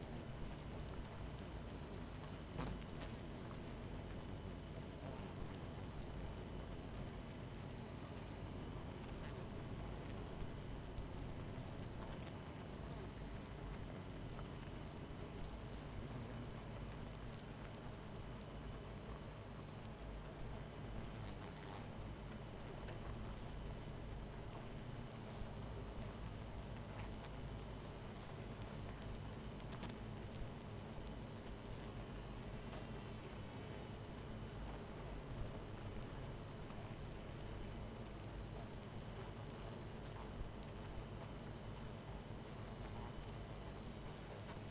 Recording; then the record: honeybee colony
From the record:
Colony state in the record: missing queen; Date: 14 July 2017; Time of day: 23:20